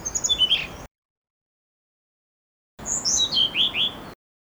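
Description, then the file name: Blue-throated blue flycatcher song: two bright whistled phrases separated by a long silent gap, each dropping from high sweet notes to lower slurred ones. "kicau sikatan blue throated. omkicau"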